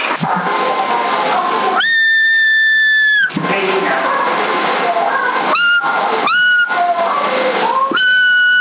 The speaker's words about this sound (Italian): Chi è che fischia?